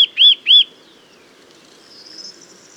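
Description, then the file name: Eurasian nuthatch giving two loud, clear, arched piping notes in quick succession. "Sitta europaea"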